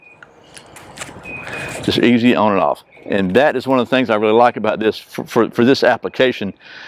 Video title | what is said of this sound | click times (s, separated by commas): Home Defense Belt - A Battle Belt For Your Pajamas | then like all click belts this features a genuine Austria pine Cobra buckle with the resounding ever so satisfying click just | 0.2 s